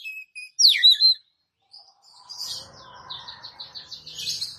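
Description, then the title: Oriental magpie-robin song with a loud sweeping whistled phrase, then a rapid run of short repeated high notes over a faint lower warbling. "Kacer"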